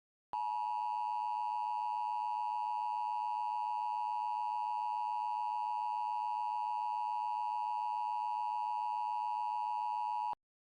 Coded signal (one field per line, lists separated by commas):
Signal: Emergency Alert System (SAME) tones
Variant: 853 and 960 Hz attention tone